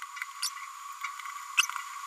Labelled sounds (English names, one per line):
Green-rumped Parrotlet babbling